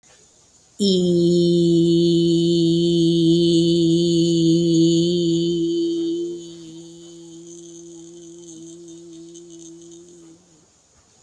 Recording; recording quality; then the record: sustained vowel as in beet; excellent, no background noise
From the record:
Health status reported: healthy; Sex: female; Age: 60 years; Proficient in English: yes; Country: India